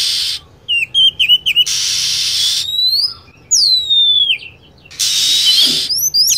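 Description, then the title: Lovebird calls: rapid wavering high chirps, then long falling whistled sweeps, separated by harsh hiss-like noise bursts. Lure sound used for attracting lovebirds. "PIKAT BURUNG LOVEBIRD"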